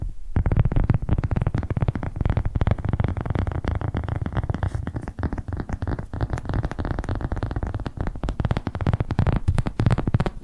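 Fast, dense fingertip tapping runs nonstop for the whole stretch, each tap a dull, thumping knock with occasional sharper, brighter clicks.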